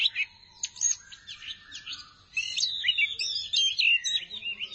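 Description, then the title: Thrush song: chattering phrase first, then a loud run of varied whistled warbles and quick slurs sung almost without pause. "burung anis"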